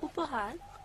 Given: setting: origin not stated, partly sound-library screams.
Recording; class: one-second piece from a danger detection set; normal situation